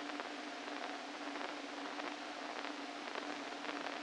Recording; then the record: brain microelectrode recording played as sound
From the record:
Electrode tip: inside the subthalamic nucleus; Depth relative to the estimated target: -1 mm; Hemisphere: left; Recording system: NeuroSet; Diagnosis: Parkinson's disease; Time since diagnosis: 13 years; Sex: male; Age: 49 years